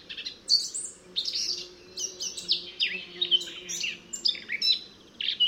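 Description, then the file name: Eurasian blackcap song, lively and varied, with rich whistles and scratchy twitters pouring out almost without pause over a steady low background drone. "Sylvia atricapilla"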